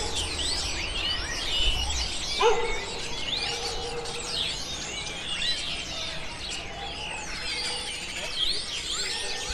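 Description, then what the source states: Many birds chirping with swooping high whistles, one short lower call early on, set against a continuous low rumble. Birds recorded in a city.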